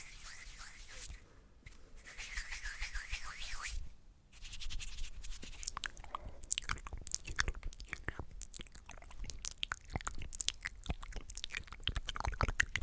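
Mouth sounds: wet clicks, smacks and soft rubbing noises. The first four seconds hold breathy, hissing swishes with brief pauses, then a dense run of sharp, irregular clicks and pops continues to the end.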